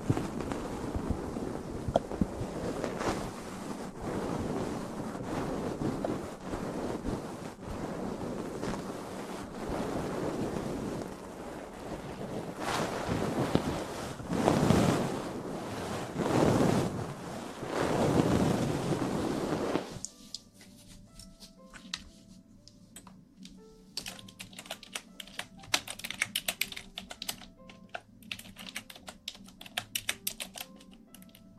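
Ear cleaning and ear massage: for the first twenty seconds, dense, muffled rubbing swells and fades with frequent soft crackles. At about twenty seconds it cuts abruptly to a quieter, crisper stretch of scattered clicks and light taps over a low steady hum.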